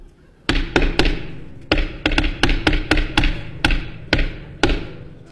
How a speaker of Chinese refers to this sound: 你干嘛呢？ 敲门。 您敲门，您不说叫门吗？